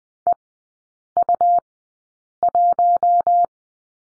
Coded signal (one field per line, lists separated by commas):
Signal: Morse code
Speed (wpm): 20 wpm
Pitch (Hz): 700 Hz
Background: none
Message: EU1